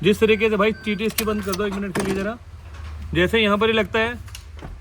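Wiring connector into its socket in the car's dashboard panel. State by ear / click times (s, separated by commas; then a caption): not seated / none. A plastic wiring connector is being pushed into its socket under the opened dashboard panel of a 2025 Maruti Suzuki Brezza, next to the sensor coil, while someone talks over it. A small sharp sound comes near 4.6 s, but the connector has not seated or clicked yet.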